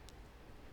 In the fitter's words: a little tiny snap and then use your pliers